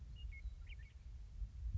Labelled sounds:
Western Meadowlark (Sturnella neglecta)
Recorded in Sonoma County, California

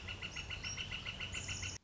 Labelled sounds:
Northern Flicker (Colaptes auratus)
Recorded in Sonoma County, California

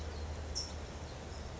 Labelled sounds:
Song Sparrow (Melospiza melodia)
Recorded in Sonoma County, California

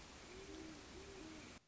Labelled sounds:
Great Horned Owl (Bubo virginianus)
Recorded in Sonoma County, California

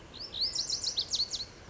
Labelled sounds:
Lazuli Bunting (Passerina amoena)
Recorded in Sonoma County, California

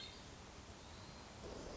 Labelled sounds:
Hermit Thrush (Catharus guttatus)
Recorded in Sonoma County, California

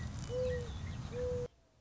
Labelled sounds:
Mourning Dove (Zenaida macroura)
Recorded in Sonoma County, California

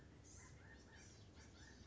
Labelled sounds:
Blue-gray Gnatcatcher (Polioptila caerulea)
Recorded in Sonoma County, California

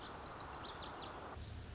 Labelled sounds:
Lazuli Bunting (Passerina amoena)
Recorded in Sonoma County, California

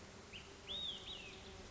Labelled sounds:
Olive-sided Flycatcher (Contopus cooperi)
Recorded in Sonoma County, California

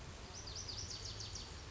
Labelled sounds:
Lazuli Bunting (Passerina amoena)
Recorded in Sonoma County, California

